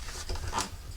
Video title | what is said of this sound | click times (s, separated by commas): Audi TTs engine is in | and then locks. | 0.3 s